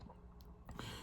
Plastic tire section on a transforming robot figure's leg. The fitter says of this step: inwards and it will snap into place.